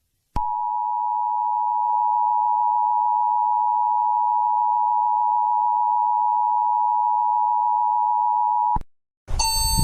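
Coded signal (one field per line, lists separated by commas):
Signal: Emergency Alert System (SAME) tones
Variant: 853 and 960 Hz attention tone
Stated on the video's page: Animated EAS alarms.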